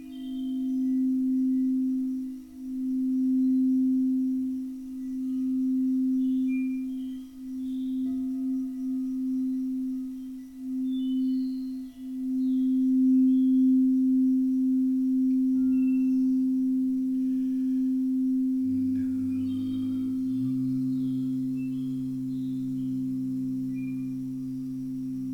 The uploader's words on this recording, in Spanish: Sesion de cuencos.